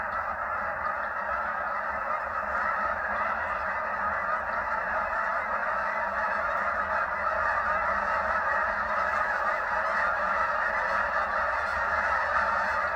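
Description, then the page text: Canada goose: canada geese honking together in a large, massed chorus, many overlapping calls forming a constant, even din throughout. Recorded in Maryland. "Maryland Biodiversity. Canada Goose ( Branta canadensis )"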